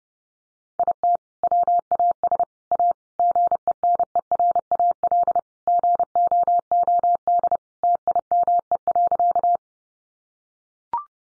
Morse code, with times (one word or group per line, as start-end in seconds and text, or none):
0.8-1.2 IT
1.4-2.4 WAS
2.7-2.9 A
3.2-5.4 GENERAL
5.7-7.6 GOOD
7.8-9.6 TIME.